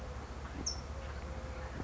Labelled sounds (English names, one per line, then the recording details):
California Towhee
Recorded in Sonoma County, California